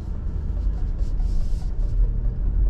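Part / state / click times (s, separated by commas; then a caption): door latch into the car body striker / not seated / none. A car door latch on a Mercedes-Maybach GLS600 is being handled toward the car body striker. A steady low rumble runs under soft, airy high-frequency swishes, with no sharp click. The clip ends before the latch seats, so nothing has clicked shut yet.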